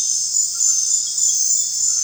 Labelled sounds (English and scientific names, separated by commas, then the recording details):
none
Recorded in dense forest near Puerto Asís, Putumayo, Colombia, on 29 June 2025 at 20:00
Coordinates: 0.468, -76.322
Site GP03